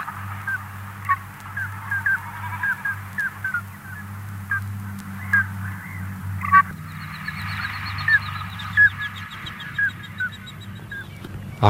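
Common Scoter calls, short piping notes repeated irregularly throughout over a steady low droning hum.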